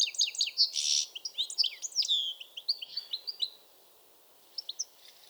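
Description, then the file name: European goldfinch song: a dense burst of bright twittering and slurred whistles fading into a few isolated chirps after a short quiet gap. "Carduelis carduelis"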